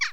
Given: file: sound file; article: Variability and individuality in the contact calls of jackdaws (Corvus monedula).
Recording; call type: jackdaw call; harmonic